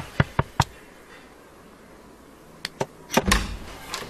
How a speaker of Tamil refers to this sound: கதவை தட்டுறாங்க, நாளைக்கு போய் திறந்துக்கலாம்.